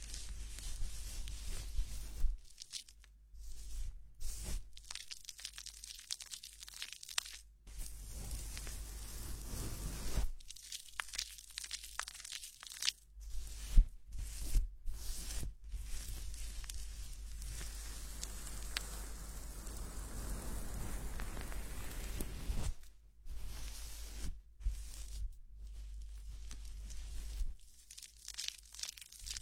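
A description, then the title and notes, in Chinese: Head massage during a hair wash: fingers rub and scrub through hair, giving a soft, dense, crackly rustle that rises and falls. Sharp gaps of near silence break it up at about 2, 4, 7, 10, 13–15, 23 and 27 seconds, where the hands pause. 头部按摩 洗头(无人声)。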